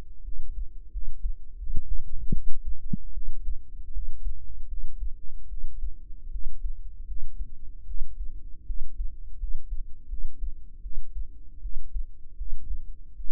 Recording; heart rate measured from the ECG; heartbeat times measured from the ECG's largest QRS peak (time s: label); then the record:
heart sounds by microphone in the right ear; 79 bpm
0.24 s: heartbeat
0.92 s: heartbeat
1.58 s: heartbeat
2.32 s: heartbeat
3.13 s: heartbeat
3.92 s: heartbeat
4.68 s: heartbeat
5.48 s: heartbeat
6.31 s: heartbeat
7.07 s: heartbeat
7.86 s: heartbeat
8.66 s: heartbeat
9.39 s: heartbeat
10.09 s: heartbeat
10.82 s: heartbeat
11.61 s: heartbeat
12.37 s: heartbeat
13.15 s: heartbeat
From the record:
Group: healthy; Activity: rest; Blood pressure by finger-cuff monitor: 101/54 mmHg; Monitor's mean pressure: 71 mmHg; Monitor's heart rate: 79 bpm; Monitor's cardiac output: 7.8 L/min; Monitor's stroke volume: 97 mL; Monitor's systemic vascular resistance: 630 dyn s/cm5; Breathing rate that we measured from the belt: 22 breaths a minute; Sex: female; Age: 19 years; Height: 163 cm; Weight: 48.9 kg